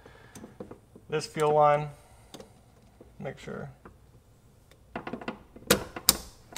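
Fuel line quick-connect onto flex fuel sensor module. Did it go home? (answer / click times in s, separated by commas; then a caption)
yes / 6.1 s. Someone talks while a plastic fuel line quick-connect fitting is slid onto the metal nipple of a flex fuel sensor module from a BM3 flex fuel kit on a B58, with small scraping taps from 5.0 s. A sharp click at 6.1 s marks the fitting latching, and it is seated. It is then pulled on to make sure it isn't coming out and won't leak fuel.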